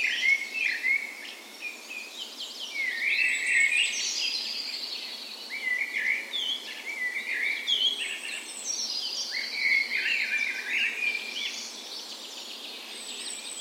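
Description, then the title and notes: Birds in a lively dawn chorus, loud repeated trills and warbled phrases over a bed of constant high twittering from many singers. Dawn chorus in a park west in Bergen, Norway, on the morning of 17 May, Norway's National Day, in spring; recorded on a Sony PCM A10 with LOM Usi microphones used as tree ears. "17th Of May Dawn Chorus. Recorded on the morning of Norways National Day the 17th of May in a park west in Bergen. Spring is in full effect, and the dawn chorus sounds wonderful!"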